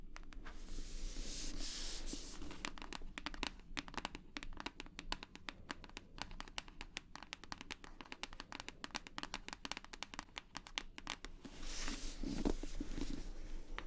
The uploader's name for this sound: 100% Tapping